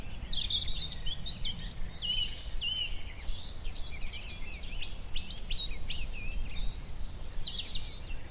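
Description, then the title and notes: Garden warbler song, a fast, continuous babbling warble of mellow and buzzy notes running throughout, over low background rumble. Male, migrant; spring, scrubby hillside as hawthorns burst into white bloom; fluted, frenetic song. "Sound escape: be enchanted by the little-known song of the garden warbler. a male garden warbler into his fluted song. Recorded by Fergus Collins, presented by Hannah Tribe"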